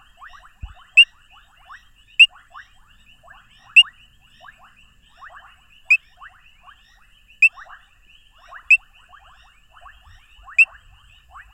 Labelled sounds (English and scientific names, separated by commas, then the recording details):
Painted Reed Frog (Hyperolius marmoratus) call
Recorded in the wild
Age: adult
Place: Hoedspruit, Marepe Lodge, ZA
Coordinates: -24.45, 30.84
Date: 1995-02-13 20:11
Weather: 28°C
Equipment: Sony TCD-D3, Sennheiser ME 80, K 30 AV
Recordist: Fischer, Werner